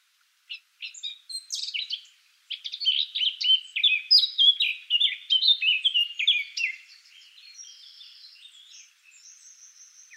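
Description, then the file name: Eurasian blackcap singing a rich, fast warble of mixed fluty and chattering notes, followed by quieter high thin twitters trailing off. "Sylvia atricapilla"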